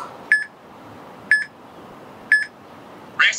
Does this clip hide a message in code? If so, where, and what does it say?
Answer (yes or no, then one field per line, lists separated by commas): no